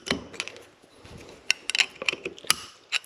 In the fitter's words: there it was that little pop that means it's seated properly and we can add the dust seal